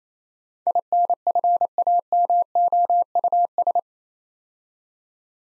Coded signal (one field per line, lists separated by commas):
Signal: Morse code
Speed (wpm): 27 wpm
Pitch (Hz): 700 Hz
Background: none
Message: INFAMOUS